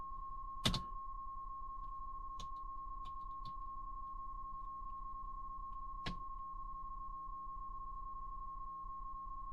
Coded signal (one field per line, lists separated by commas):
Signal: PSK31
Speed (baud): 31.25 baud